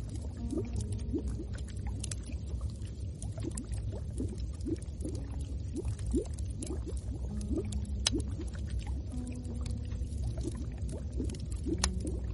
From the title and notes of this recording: Travel through the Middle Ages and let tired hikers rest in the warmth of your inn, with its firewood and the sound of bubbles.